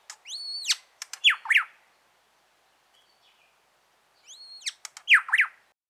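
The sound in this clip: Grey shrike-thrush song, a loud phrase of clear arching whistles followed by sharp clicks and two falling whistles, heard twice about four seconds apart with a quiet gap between.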